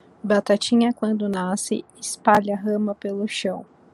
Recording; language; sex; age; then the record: short text; Brazilian Portuguese; female; 30 to 39 years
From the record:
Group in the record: control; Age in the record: 32 years